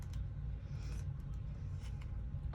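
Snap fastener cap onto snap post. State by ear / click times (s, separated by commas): not seated / none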